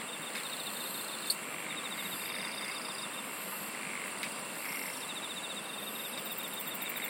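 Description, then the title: Several insects trill in fast ticking bursts over a continuous shrill hum, with a couple of brief clicks and a steady hiss. "SINGING OF INSECTS"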